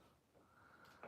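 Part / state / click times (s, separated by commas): plastic brick part into a LEGO car model assembly / not seated / none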